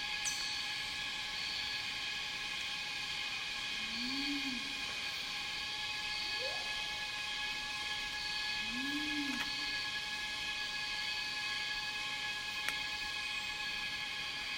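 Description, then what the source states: Cicada drone runs throughout, high and even, while a low hooting call rises and falls twice and a brief rising whistle sounds between them. Cicadas in a rainforest, heard together with birds.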